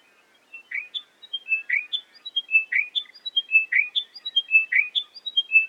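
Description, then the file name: Chiming wedgebill song, a repeated falling phrase of bell-like whistled notes dropping to a lower accented note, about once per second. "British Library - Chiming Wedgebill Sphenostoma occidentalis"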